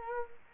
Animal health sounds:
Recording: mosquito wingbeat signal from an infrared sensor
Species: Culex quinquefasciatus

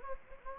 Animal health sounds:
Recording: mosquito wingbeat signal from an infrared sensor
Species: Anopheles gambiae

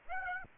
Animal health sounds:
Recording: mosquito wingbeat signal from an infrared sensor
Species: Aedes aegypti

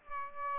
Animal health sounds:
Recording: mosquito wingbeat signal from an infrared sensor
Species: Aedes albopictus

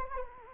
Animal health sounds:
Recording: mosquito wingbeat signal from an infrared sensor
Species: Anopheles gambiae

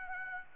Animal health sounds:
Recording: mosquito wingbeat signal from an infrared sensor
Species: Aedes aegypti

